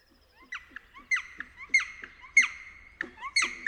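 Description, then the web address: Black woodpecker calling in a quick, uneven series of short, sharp notes. "pic noir. oiseaux de nos forets"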